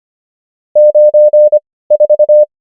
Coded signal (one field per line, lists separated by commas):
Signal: Morse code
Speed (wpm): 25 wpm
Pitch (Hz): 600 Hz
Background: none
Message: 9 4